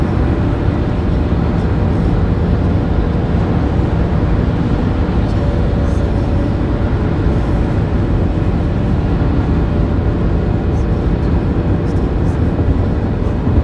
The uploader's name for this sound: Highway driving sounds and soft humming